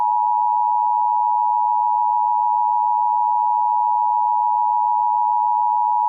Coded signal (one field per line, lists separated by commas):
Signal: Emergency Alert System (SAME) tones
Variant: 853 and 960 Hz attention tone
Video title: EAS Scenario #1 Cleveland Meltdown